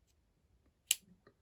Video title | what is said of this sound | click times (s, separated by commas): Mega Box Landbreaker Review from 52 toys | it doesn't really snap in place or anything but it closes good enough | 0.9 s